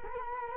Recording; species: mosquito wingbeat signal from an infrared sensor; Culex quinquefasciatus